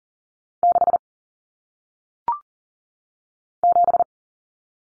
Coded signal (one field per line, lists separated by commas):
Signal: Morse code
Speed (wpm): 42 wpm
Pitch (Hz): 700 Hz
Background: none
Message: 6 7